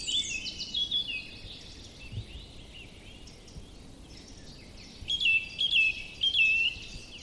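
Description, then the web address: Song thrush song: a clear whistled phrase near the start, then after a quieter spell, short sharp notes repeated several times near the end. "cianscape birddata Deverinetal 2025"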